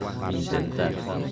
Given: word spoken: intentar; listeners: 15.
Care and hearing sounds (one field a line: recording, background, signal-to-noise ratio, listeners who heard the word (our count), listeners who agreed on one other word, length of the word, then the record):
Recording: one Spanish word in noise, from a listening test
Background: eight-talker babble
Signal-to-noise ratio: -1.7 dB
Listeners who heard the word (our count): 2 of 15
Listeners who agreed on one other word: 6 of 15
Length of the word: 0.92 s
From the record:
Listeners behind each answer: 6, 3, 2, 1, 1, 1, 1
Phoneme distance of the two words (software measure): 24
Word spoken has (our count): 3 syllables, 8 phonemes, stress on syllable 3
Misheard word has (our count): 2 syllables, 6 phonemes, stress on syllable 2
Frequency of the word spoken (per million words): 44.47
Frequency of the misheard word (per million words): 6.81